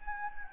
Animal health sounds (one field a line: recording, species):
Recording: mosquito wingbeat signal from an infrared sensor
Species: Anopheles gambiae